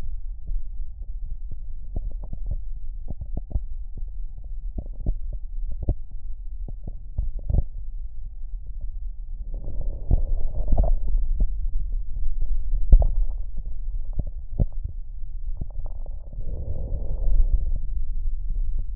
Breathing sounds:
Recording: lung sounds by stethoscope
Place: left posterior basal chest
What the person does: quiet breathing, then deep breathing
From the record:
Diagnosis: interstitial lung disease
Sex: female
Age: 65 years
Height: 156 cm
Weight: 66.8 kg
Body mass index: 27.4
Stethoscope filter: extended mode

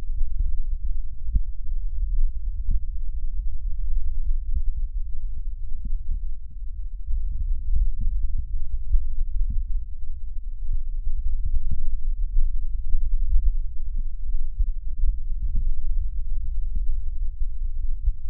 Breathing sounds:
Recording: lung sounds by stethoscope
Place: right anterior apical chest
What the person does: quiet breathing, then deep breathing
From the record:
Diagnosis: asthma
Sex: female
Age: 72 years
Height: 160 cm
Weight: 63.4 kg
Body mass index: 24.8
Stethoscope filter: bell mode

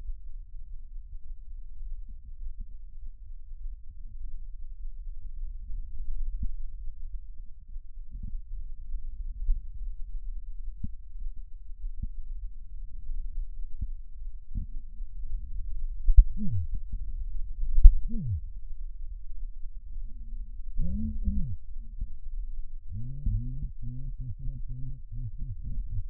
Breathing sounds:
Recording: lung sounds by stethoscope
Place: left posterior apical chest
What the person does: quiet breathing, then cough and speech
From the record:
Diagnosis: pulmonary infection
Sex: male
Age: 54 years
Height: 187 cm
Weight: 95 kg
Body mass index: 27.2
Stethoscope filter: bell mode

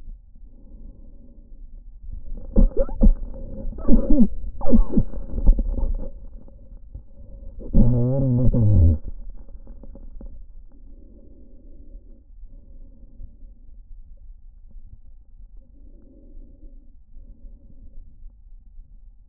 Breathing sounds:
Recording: lung sounds by stethoscope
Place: trachea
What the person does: quiet breathing, then cough and speech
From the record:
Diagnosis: interstitial lung disease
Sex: male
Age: 72 years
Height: 170 cm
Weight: 62.9 kg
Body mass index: 21.8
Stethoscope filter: diaphragm mode

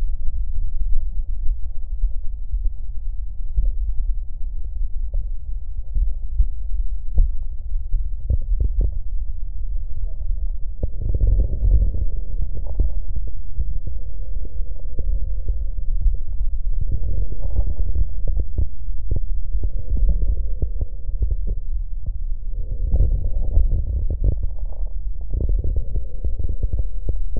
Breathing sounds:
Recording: lung sounds by stethoscope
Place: left posterior apical chest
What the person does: quiet breathing, then deep breathing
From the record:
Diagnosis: none (healthy)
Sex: male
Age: 35 years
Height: 186 cm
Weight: 108 kg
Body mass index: 31.2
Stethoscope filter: extended mode

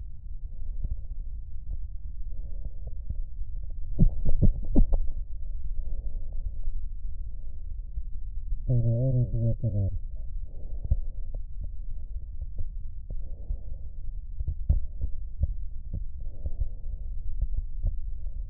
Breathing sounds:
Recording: lung sounds by stethoscope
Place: right posterior basal chest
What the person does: quiet breathing, then cough and speech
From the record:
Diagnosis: COPD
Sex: male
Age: 80 years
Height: 171 cm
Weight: 75 kg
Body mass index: 25.6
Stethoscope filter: extended mode

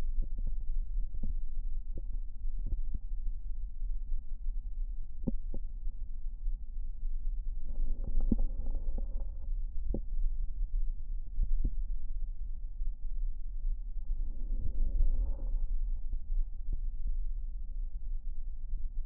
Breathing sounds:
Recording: lung sounds by stethoscope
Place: right posterior basal chest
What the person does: quiet breathing, then deep breathing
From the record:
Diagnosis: asthma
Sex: female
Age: 66 years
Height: 172 cm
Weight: 76 kg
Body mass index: 25.7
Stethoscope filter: diaphragm mode

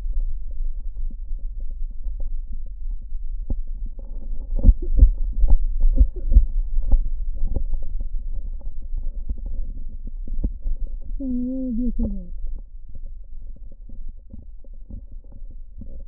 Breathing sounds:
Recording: lung sounds by stethoscope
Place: right posterior basal chest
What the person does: quiet breathing, then cough and speech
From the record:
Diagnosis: interstitial lung disease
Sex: male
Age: 47 years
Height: 159 cm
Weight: 66.8 kg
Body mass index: 26.4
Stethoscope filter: diaphragm mode

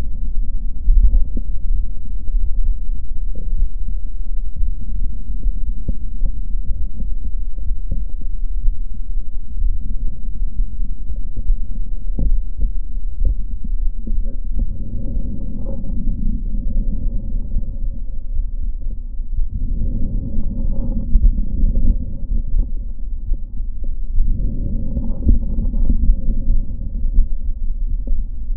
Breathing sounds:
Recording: lung sounds by stethoscope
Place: left posterior apical chest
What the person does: quiet breathing, then deep breathing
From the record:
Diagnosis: none (healthy)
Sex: male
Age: 30 years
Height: 190 cm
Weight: 88 kg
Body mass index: 24.4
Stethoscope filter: diaphragm mode

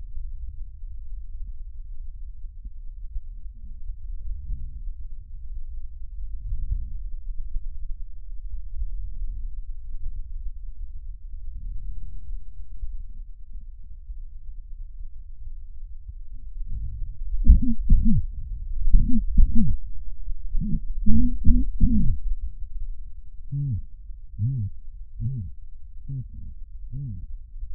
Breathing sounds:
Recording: lung sounds by stethoscope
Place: right posterior apical chest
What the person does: quiet breathing, then cough and speech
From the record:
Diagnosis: COPD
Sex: male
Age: 70 years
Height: 170 cm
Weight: 74 kg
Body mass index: 25.6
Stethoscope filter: bell mode

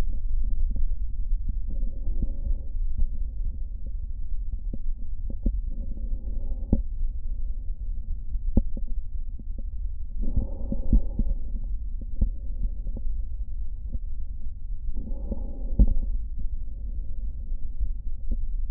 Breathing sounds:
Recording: lung sounds by stethoscope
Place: left posterior basal chest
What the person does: quiet breathing, then deep breathing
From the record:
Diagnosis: COPD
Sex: female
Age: 75 years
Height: 155 cm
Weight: 67.6 kg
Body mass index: 28.1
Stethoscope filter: diaphragm mode

